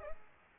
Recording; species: mosquito wingbeat signal from an infrared sensor; Culex pipiens